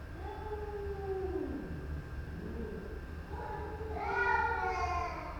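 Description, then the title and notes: Cat meows, a falling drawn-out wail followed by a rising, louder strained cry, over a steady low hum. Two cats recorded in the stairwell of a house in Istanbul, Turkey, in the morning; haunting plaintive meowing as a lament to avoid coming to a fight. "Istambul, Istanbul, Turquie - Cats in the stairwell - Chats dans l'escalier. Istanbul est une ville de chats, ce matin j'en ai enregistré deux dans la cage d'escalier de la maison. C'est lancinant, la complainte pour ne pas aller jusqu'à l'affrontement"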